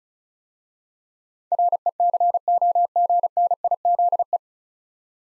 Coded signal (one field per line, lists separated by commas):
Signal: Morse code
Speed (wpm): 36 wpm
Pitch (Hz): 700 Hz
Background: none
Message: RECOGNIZE